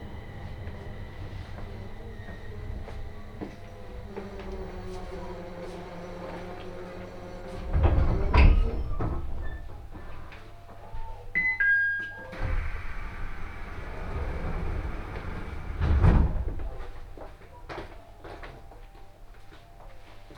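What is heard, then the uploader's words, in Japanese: A train ride on the Tohoku Main Line from Koriyama to Fukushima, with a steady low rumble and faint humming tones underneath. Two loud clattering bursts hit near 8 and 16 seconds, and a brief high whine sounds around 12 seconds. 鉄道旅 東北本線 郡山→福島。郡山から福島の間はE721系電車4両編成になり、先ほどまでの混雑ぶりから一息つけた感じです。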